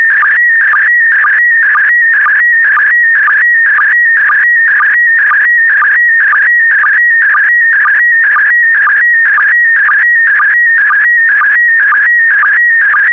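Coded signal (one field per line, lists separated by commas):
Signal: SSTV (slow-scan television)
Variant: PD120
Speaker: The next image transmission will start in 10 seconds.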